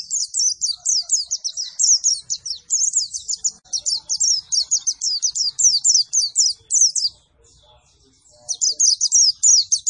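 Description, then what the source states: White-eye giving a sustained high, chattering song of quick repeated notes, pausing briefly before a final burst. Singing energetically after being given a vitamin C supplement.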